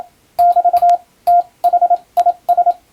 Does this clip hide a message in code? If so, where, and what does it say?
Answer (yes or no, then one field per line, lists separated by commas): yes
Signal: Morse code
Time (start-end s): 0.4-2.7 s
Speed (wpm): 27 wpm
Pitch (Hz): 700 Hz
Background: radio noise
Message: <BT> THIS